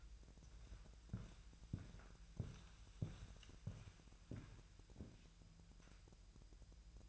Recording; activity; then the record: daily activity, microphone in the room; walk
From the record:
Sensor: 2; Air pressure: 1002.0 hPa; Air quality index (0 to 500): 229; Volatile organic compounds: 57 ppm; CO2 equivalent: 3383 ppm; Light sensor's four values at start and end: 6/16/6/7 and 7/16/6/7